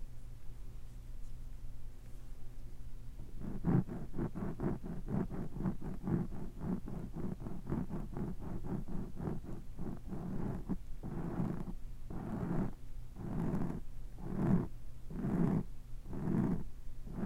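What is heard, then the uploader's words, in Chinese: A fork pokes and scrapes against something over a low steady hum. After about three seconds, quick regular jabs start, several per second, until around ten seconds. Then they give way to slower, longer scraping strokes roughly once a second until the end. 叉子/戳&抓。叉子 ASMR。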